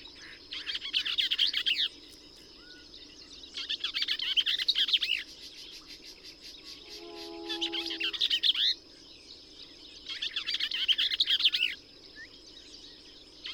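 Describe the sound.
Bell's vireo repeating jumbled, chattering song phrases four times over a high steady hum, with a short low tonal note in the middle.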